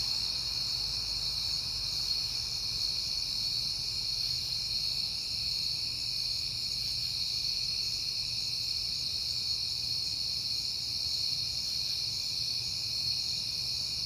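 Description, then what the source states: Crickets sustain an even, high, shimmering chorus over a faint low background rumble. Crickets at night in September, on a peaceful night.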